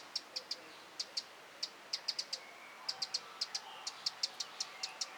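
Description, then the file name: Eurasian wren giving spaced, sharp tick calls, sometimes in quick pairs or triplets, with a pause before a faster run; background fairly quiet. "Troglodytes troglodytes"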